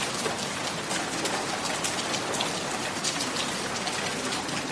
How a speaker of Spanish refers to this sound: ¿Notan los mosquitos de esa selva del Amazonas? ¿No sienten esa lluvia que moja ahora mismo nuestros rostros?